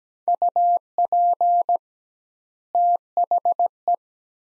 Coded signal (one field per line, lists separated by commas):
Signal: Morse code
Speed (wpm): 17 wpm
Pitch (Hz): 700 Hz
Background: none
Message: UP THE